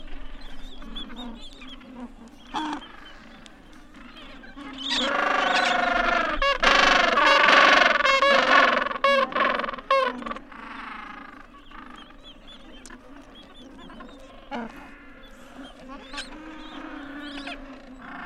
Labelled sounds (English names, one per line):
Gentoo Penguin call